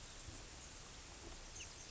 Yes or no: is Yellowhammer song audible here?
no